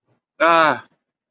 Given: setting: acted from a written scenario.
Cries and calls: vocal sound without words; realization

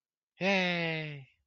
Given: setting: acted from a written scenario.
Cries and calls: vocal sound without words; pride

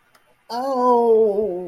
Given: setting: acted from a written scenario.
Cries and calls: vocal sound without words; pain

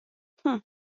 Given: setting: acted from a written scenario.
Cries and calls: vocal sound without words; contempt

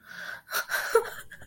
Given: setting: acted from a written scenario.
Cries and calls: vocal sound without words; sadness

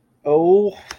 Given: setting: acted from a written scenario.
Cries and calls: vocal sound without words; anger

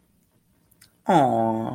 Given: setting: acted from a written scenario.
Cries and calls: vocal sound without words; romantic love

